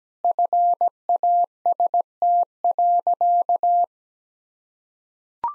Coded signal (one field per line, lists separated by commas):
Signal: Morse code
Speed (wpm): 17 wpm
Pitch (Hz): 700 Hz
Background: none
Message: FAST.